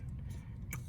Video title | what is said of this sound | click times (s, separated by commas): 2009 Audi A3 2.0 Turbo Fwd Transmission removal | You hear it click and then you can pull it off. | 0.7 s